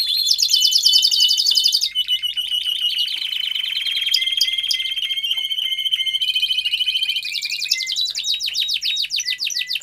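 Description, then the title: Domestic canary in continuous song, moving between fast rattling trills, sustained high rolls and short whistled notes without a break. Male Belgian canary singing a lot, used for training and warming up young canaries. "Canary Training Esquente Seu Filhote E Canario Belga Em 30 Minutos Macho Cantando Muito"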